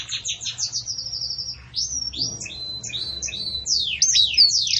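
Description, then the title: Canary song: quick chirped trill, a held whistle, then varied rising and falling whistled notes and slurs. Bell-like ('campainha') song of the Belgian canary, for teaching young chicks. "Belíssimo Canto Do Canário Belga Campainha Para Encarte De Filhotes"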